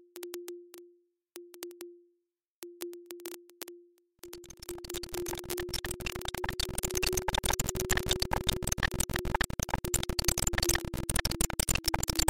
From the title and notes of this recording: Glitch sounds with grain durations calculated according to a fractal system. All sounds are created and performed live in SuperCollider.